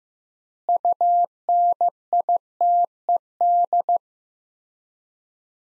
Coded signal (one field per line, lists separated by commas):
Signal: Morse code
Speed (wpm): 15 wpm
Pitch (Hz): 700 Hz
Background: none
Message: UNITED